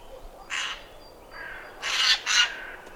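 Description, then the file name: Eurasian jay screeching: a harsh rasp, a softer grating note, then two loud, broad, ragged screeches in quick succession. "Garrulus glandarius"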